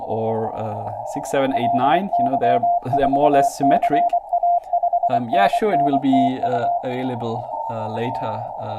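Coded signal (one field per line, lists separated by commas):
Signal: Morse code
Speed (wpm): 23 wpm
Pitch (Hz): 700 Hz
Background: speech, radio noise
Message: LY4CA 5NN TU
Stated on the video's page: Live-streamed CW practice by an operator getting back into CW, prone to mixing up numbers.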